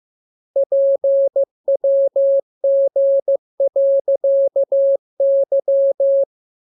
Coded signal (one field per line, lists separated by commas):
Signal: Morse code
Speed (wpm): 15 wpm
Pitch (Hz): 550 Hz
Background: none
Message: PWG.Y